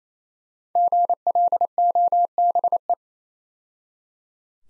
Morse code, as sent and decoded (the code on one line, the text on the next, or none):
--. .-.. --- -... .
GLOBE